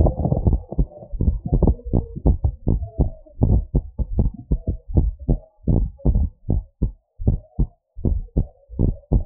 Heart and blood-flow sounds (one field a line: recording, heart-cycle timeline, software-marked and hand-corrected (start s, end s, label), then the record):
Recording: heart sounds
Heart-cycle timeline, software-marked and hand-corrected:
0.00	0.10	S2
0.10	0.44	diastole
0.44	0.60	S1
0.60	0.80	systole
0.80	0.90	S2
0.90	1.22	diastole
1.22	1.36	S1
1.36	1.60	systole
1.60	1.76	S2
1.76	1.98	diastole
1.98	2.06	S1
2.06	2.26	systole
2.26	2.38	S2
2.38	2.68	diastole
2.68	2.82	S1
2.82	3.10	systole
3.10	3.18	S2
3.18	3.48	diastole
3.48	3.64	S1
3.64	3.86	systole
3.86	3.92	S2
3.92	4.18	diastole
4.18	4.32	S1
4.32	4.52	systole
4.52	4.62	S2
4.62	4.94	diastole
4.94	5.08	S1
5.08	5.30	systole
5.30	5.42	S2
5.42	5.74	diastole
5.74	5.90	S1
5.90	6.16	systole
6.16	6.28	S2
6.28	6.50	diastole
6.50	6.64	S1
6.64	6.90	systole
6.90	6.98	S2
6.98	7.26	diastole
7.26	7.38	S1
7.38	7.60	systole
7.60	7.70	S2
7.70	8.04	diastole
8.04	8.18	S1
8.18	8.38	systole
8.38	8.48	S2
8.48	8.78	diastole
8.78	8.90	S1
8.90	9.12	systole
9.12	9.24	S2
9.24	9.25	diastole
From the record:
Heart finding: normal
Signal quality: good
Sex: female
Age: 60 years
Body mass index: 17.6